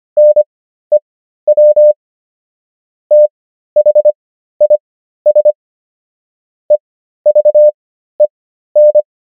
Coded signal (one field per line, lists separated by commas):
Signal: Morse code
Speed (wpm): 25 wpm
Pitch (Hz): 600 Hz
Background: none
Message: NEW THIS EVEN